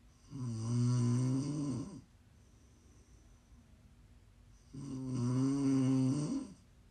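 ASMR snoring: two loud, buzzing, strongly pitched snores, each lasting under two seconds and about four to five seconds apart, roughly 13 to 14 breaths a minute, with quiet gaps between the snores. Ordinary rhythmic snoring during sleep.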